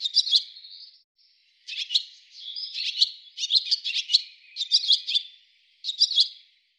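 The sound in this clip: Bird chirping: clusters of high, quick twittering notes, a brief pause after the first second, then several chirp bursts with short gaps between them.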